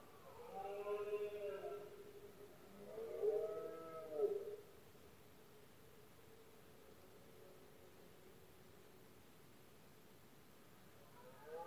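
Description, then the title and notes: Red deer giving two drawn-out, moaning bellows in the first few seconds, then quiet, with another bellow starting at the very end. Powerful bellows of male red deer in the rutting season (berrea or brama), recorded at night in Spain; rut best heard at night when surroundings are quietest. "Paisaje sonoro: Berrea. La época de celo del ciervo se conoce comúnmente como “berrea del ciervo” o “brama del ciervo”. los poderosos bramidos de los ciervos machos"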